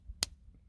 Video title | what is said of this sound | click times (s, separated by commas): OffGrid Life: Two Steps Forward, One Step Back | So you go till you kind of hear a click. | 0.2 s